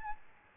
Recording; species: mosquito wingbeat signal from an infrared sensor; Aedes albopictus